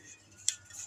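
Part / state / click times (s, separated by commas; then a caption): 1 lb propane cylinder threaded onto a generator fuel regulator adapter / seated / 0.5 s. A 1 lb propane cylinder is screwed squarely onto a generator fuel regulator adapter fitting, and a short, sharp metallic click sounds at 0.5 s as the valve opens and the line pressurizes. Faint scraping and ticking of the threads comes before and after it. The bottle is seated and pressured up.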